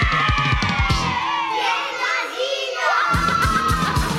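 A child whines in a high, wavering voice, the pitch sliding up and down through a drawn-out moan, with other chattering voices and background noise around it.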